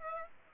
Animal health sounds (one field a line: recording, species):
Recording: mosquito wingbeat signal from an infrared sensor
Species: Aedes aegypti